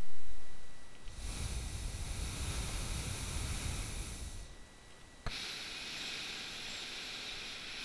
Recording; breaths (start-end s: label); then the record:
nose breathing near a microphone
0.00-0.97 s: inhalation
0.97-4.94 s: exhalation
4.94-7.85 s: inhalation
From the record:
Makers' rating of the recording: bad